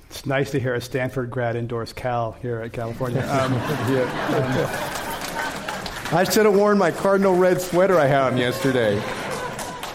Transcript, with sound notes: It’s nice to hear a Stanford grad endorse Cal here at California.
[Laughter]
I should’ve worn my Cardinal red sweater I had on yesterday.